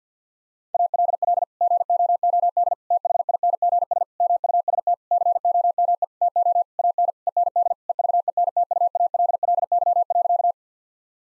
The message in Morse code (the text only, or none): ALL GOOD THINGS MUST COME TO AN END EVENTUALLY.